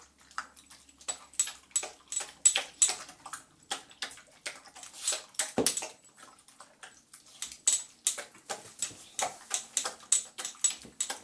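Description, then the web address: Beagle lapping at water in quick, uneven bursts of splashy licks throughout. Beagle drinking water indoors. "Sound Effects-BBC Dogs Beagles BBC"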